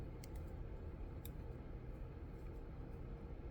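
A fountain pen barrel is screwed back on, pushing a plastic ink cartridge onto the feed spike so the cartridge tip is pierced. Two short, soft clicks come at 0.2 s and 1.3 s, more a push of plastic than a sharp snap, over a steady low rumble. The cartridge ends up seated on the feed.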